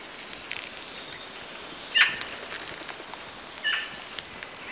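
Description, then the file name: Eurasian magpie uttering two short, grating notes over a steady hiss of background noise. "Pica pica"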